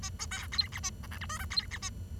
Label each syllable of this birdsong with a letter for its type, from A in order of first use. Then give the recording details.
A B C D E A F G H I J D E A. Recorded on 23 June 2012 at 09:43. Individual gr41rd51